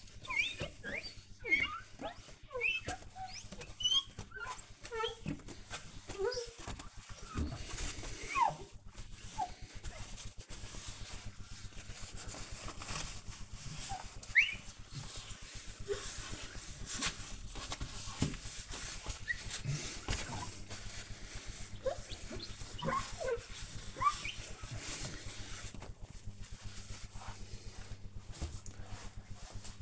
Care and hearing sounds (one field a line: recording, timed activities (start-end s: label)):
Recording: household activities, microphone on the right wrist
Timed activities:
0.00-27.51 s: window cleaning